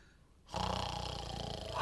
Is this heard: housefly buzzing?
no